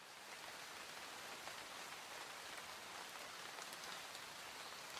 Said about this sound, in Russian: Да, шел дождь.